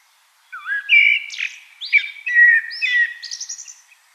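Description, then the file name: Common blackbird singing a rich, varied warble of whistled notes that ends in a high, thin squeaky flourish. "Turdus merula"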